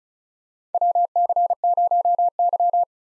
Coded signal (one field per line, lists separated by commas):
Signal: Morse code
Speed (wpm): 36 wpm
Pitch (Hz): 700 Hz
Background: none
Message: WC0Y